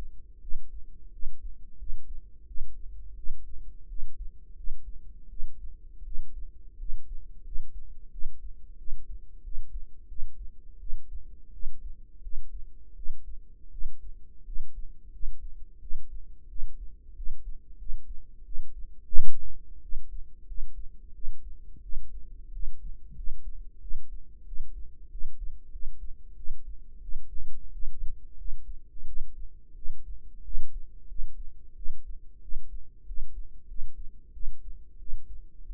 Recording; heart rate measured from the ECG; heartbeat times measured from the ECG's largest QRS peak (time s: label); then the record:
heart sounds by microphone in the right ear; 89 bpm
0.40 s: heartbeat
1.10 s: heartbeat
1.77 s: heartbeat
2.45 s: heartbeat
3.15 s: heartbeat
3.87 s: heartbeat
4.54 s: heartbeat
5.28 s: heartbeat
6.03 s: heartbeat
6.77 s: heartbeat
7.42 s: heartbeat
8.10 s: heartbeat
8.76 s: heartbeat
9.42 s: heartbeat
10.06 s: heartbeat
10.78 s: heartbeat
11.51 s: heartbeat
12.21 s: heartbeat
12.94 s: heartbeat
13.69 s: heartbeat
14.43 s: heartbeat
15.10 s: heartbeat
15.79 s: heartbeat
16.47 s: heartbeat
17.14 s: heartbeat
17.77 s: heartbeat
18.43 s: heartbeat
19.10 s: heartbeat
19.80 s: heartbeat
20.45 s: heartbeat
21.12 s: heartbeat
21.81 s: heartbeat
22.51 s: heartbeat
23.14 s: heartbeat
23.79 s: heartbeat
24.44 s: heartbeat
25.09 s: heartbeat
25.70 s: heartbeat
26.35 s: heartbeat
27.00 s: heartbeat
27.71 s: heartbeat
28.35 s: heartbeat
29.05 s: heartbeat
29.74 s: heartbeat
30.42 s: heartbeat
31.06 s: heartbeat
31.74 s: heartbeat
32.40 s: heartbeat
33.05 s: heartbeat
33.66 s: heartbeat
34.32 s: heartbeat
34.97 s: heartbeat
35.65 s: heartbeat
From the record:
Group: healthy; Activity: rest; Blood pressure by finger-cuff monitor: 82/57 mmHg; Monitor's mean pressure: 65 mmHg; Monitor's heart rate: 89 bpm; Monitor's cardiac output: 6.8 L/min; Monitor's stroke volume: 78 mL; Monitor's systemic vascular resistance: 680 dyn s/cm5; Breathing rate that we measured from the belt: 23 breaths a minute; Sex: female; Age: 19 years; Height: 163 cm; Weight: 48.9 kg